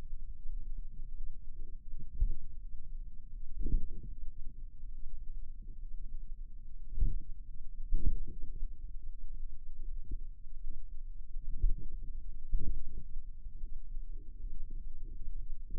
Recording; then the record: forearm muscle sounds (acoustic myography)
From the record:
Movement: finger pinch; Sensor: system 2, bracelet of six BSWA MPA416 microphones around the upper forearm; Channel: 4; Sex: female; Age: 23 years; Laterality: right